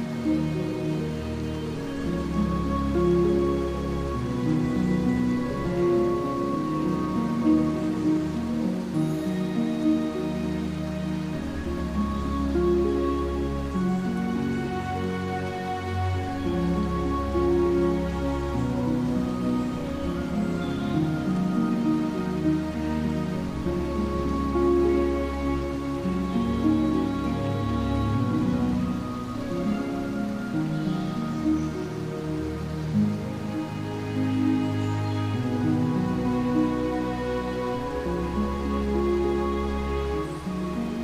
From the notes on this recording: dreamy celtic music with nature sounds, birds singing softly, gentle waterfall, sound of water droplets on leaves